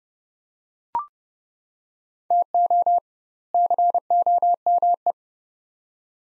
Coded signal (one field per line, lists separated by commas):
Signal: Morse code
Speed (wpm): 29 wpm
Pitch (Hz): 700 Hz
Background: none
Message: TO COME